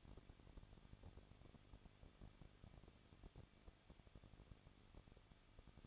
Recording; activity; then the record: daily activity, microphone in the room; no activity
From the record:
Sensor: 4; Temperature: 23.1 degrees Celsius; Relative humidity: 33.9%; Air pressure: 1007.2 hPa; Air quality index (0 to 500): 215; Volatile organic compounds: 15 ppm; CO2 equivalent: 2485 ppm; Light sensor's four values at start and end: 2/3/1/1 and 2/3/1/1